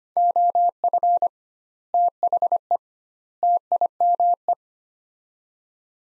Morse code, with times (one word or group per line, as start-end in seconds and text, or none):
0.2-1.3 OF
1.9-2.8 THE
3.4-4.5 TIME